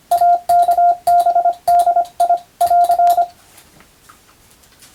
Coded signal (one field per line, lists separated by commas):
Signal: Morse code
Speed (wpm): 25 wpm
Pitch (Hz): 700 Hz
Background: none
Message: AKBDI <AR>